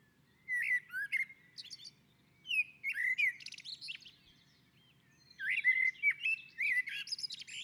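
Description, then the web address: Common blackbird giving melodious whistled phrases, slurred up and down, each closed by squeaky high notes; three phrases with short pauses. On a roof. "Naturinspelningar Koltrast på taket"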